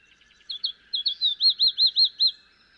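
Field sparrow singing a short phrase of sweet whistled notes, a few soft opening notes then evenly spaced arched slurs.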